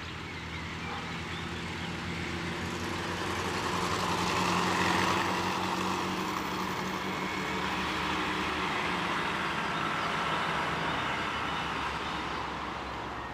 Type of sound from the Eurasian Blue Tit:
song